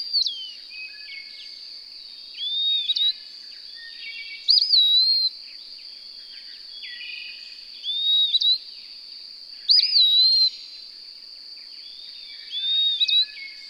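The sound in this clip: Bird song of repeated whistled phrases, some loud and some softer, every few seconds, over a steady high drone.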